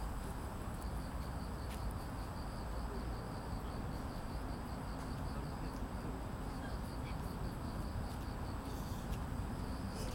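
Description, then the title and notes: Cricket: a continuous high pulsing trill over a dense low roar of passing cars. Evening at Banpo Jugong Apartment Complex 1, Banpo-bon-dong, Seocho-gu, Seoul, South Korea; grass insects with street traffic. "Banpo Jugong Apartment, Cricket, Street 반포주공1단지, 저녁, 풀벌레, 자동차. 대한민국 서울특별시 서초구 반포본동 1107"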